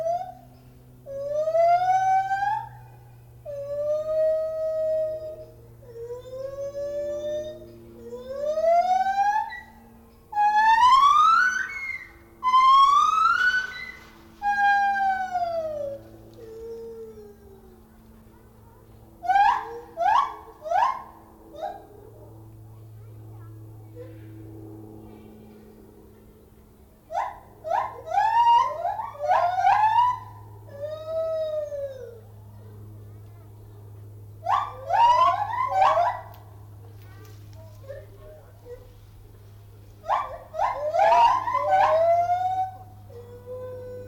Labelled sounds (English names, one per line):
Lar Gibbon call